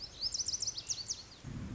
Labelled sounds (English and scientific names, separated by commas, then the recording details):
Lazuli Bunting (Passerina amoena)
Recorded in Sonoma County, California